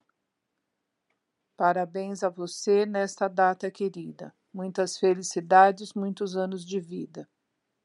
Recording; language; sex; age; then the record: short text; Brazilian Portuguese; female; 60 to 69 years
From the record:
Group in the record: control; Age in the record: 62 years